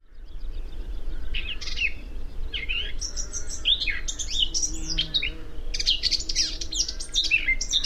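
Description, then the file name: Eurasian blackcap warbling song, a fast scratchy jumble of high notes starting after a quiet first second and running on continuously, over a steady low rumble. "Sylvia atricapilla"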